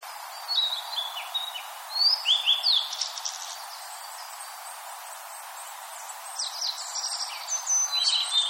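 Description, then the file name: Blue-and-white flycatcher song: high clear whistled phrases with sliding notes and short buzzy flourishes, separated by pauses, over a steady hiss of background noise. "oruri"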